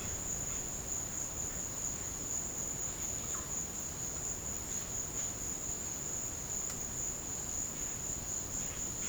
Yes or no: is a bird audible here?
no